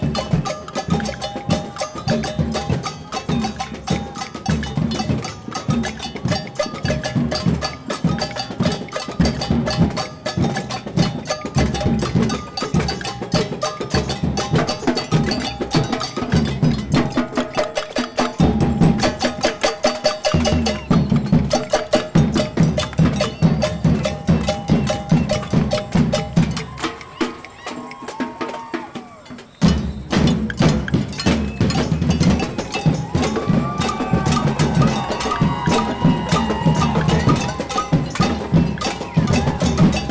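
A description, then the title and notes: Street protest percussion pounds in a dense, steady rhythm with clanking metallic hits, briefly thinning near 29 seconds before resuming at full force. Québec student strike drums. Percussion on the streets of Montreal during the eighth consecutive night student protest in solidarity with the Quebec student strike.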